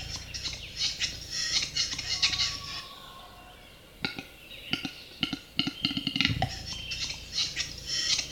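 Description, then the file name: Capercaillie display: a run of dry clicks quickening into a burst with a low popping thump, then scraping high notes. Capercaillie heard from close range. "Digiffects Sound Effects Library - Close Capercaillie Bird"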